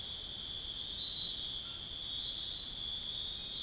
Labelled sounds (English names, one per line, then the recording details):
none
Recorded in dense forest near Puerto Asís, Putumayo, Colombia, on 19 February 2024 at 02:30
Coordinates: 0.502, -76.324
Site G6370